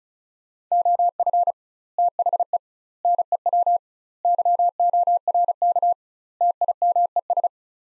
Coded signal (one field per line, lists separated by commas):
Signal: Morse code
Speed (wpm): 36 wpm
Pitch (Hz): 700 Hz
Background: none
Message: OF THE NEW YORK TIMES